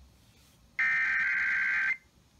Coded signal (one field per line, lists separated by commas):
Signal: Emergency Alert System (SAME) tones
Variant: header bursts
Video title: KWIZ 96.7 Required Weekly Test (EAS #3471) 3/29/21